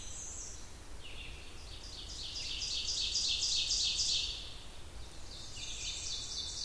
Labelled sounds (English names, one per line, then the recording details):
Ovenbird song
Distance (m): 45 m
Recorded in boreal forest in Alberta, Canada, on 28 June 2016 at 07:53
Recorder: SongMeter 3, array SBT-6-79
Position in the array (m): 68 m, 142 m
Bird 40